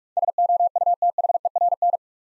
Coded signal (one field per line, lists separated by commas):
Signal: Morse code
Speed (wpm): 44 wpm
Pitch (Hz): 700 Hz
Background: none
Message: SOUTHERN